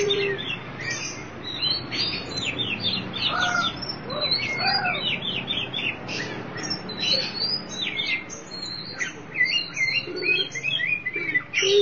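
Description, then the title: Oriental magpie-robin in continuous song, rapid rising and falling whistles mixed with short chattering notes throughout, steady low background noise underneath. Chirping song (kicauan) of the bird. "Suara Kicauan Burung Kacer Durasi Panjang"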